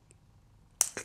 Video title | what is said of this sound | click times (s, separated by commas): Sea Fishing Rigs - Uptide Rig | click actually we heard that one | 0.8 s